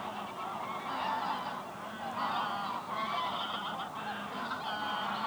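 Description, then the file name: Goose: many geese honking together, a continuous mass of overlapping nasal calls with occasional louder individual honks. Geese resting on the ice at Venhuizen. "Ganzen rusten op het ijs bij het hondenhemeltje in venhuizen - Sound Cloud - De Auditieve Dienst"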